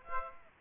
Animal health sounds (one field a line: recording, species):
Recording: mosquito wingbeat signal from an infrared sensor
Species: Aedes aegypti